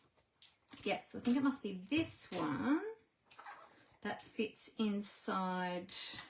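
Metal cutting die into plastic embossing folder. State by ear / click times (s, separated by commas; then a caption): not seated / none. A thin metal cutting die is handled near its recess in a plastic hybrid embossing folder while someone talks, with a few small handling taps. Nothing has seated or clicked yet.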